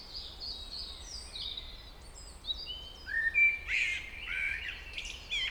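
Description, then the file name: Common blackbird giving thin high notes at first, then a fluty phrase with squeaky twitters from about three seconds on. "Turdus merula"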